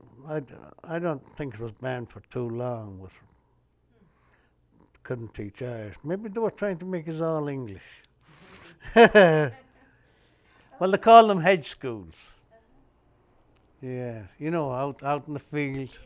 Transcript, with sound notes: I don't think it was banned for too long. They couldn't teach Irish. Maybe they were trying to make us all English. [Laughs] Well, they called them hedge schools, yeah, you know, out in the fields.